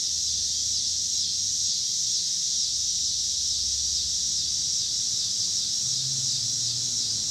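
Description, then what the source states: Cicadas give a loud, continuous sizzling buzz; low engine hum from cars drifts in and out below. Pittsburgh, Pennsylvania, 26 August 2023; recorded alongside passing cars.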